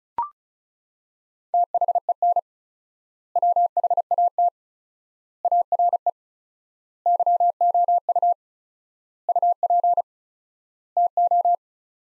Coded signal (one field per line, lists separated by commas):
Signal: Morse code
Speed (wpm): 34 wpm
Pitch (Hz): 700 Hz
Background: none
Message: THEN WHAT ARE YOU UP TO